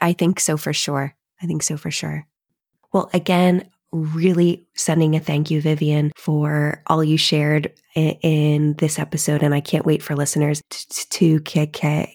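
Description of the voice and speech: Adult woman speaks clearly in a warm conversational tone with a repeated phrase and brief pauses; ordinary speech.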